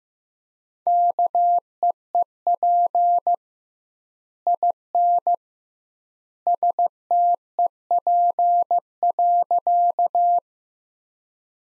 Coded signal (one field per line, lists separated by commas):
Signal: Morse code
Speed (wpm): 16 wpm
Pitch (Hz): 700 Hz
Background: none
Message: KEEP IN STEP.